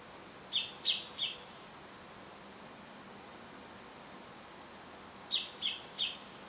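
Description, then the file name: Eurasian blackbird sounding two bursts of three sharp metallic chinks, separated by a long quiet pause. "Turdus merula"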